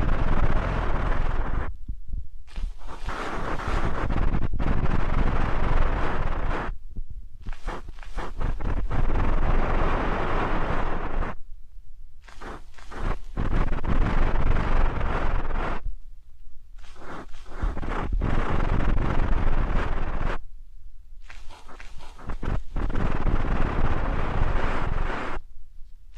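Deep ear cleaning sounds: dense, low, rumbling scraping and rustling in long bursts, broken by short near-silent pauses every few seconds.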